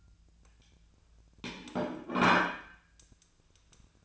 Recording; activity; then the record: daily activity, microphone in the room; place plate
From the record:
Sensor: 2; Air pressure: 1009.2 hPa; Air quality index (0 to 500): 188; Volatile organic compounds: 12 ppm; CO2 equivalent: 2338 ppm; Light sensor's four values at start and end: 21/52/22/25 and 22/55/24/26